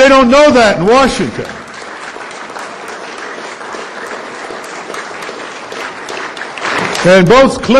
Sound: applause